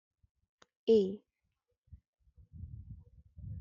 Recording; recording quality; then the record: sustained vowel as in made; excellent, no background noise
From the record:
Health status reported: respiratory illness, not identified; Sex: female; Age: 24 years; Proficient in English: yes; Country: India